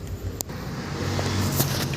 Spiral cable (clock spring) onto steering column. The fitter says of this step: Ayan, nag-lock na siya.